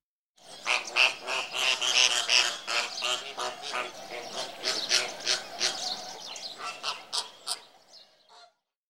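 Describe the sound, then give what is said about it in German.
A flock of flamingos chattering and honking over one another in a dense, continuous racket of nasal, goose-like calls, fairly loud throughout, thinning to a few scattered honks before stopping. “Genau, das waren die Flamingos.”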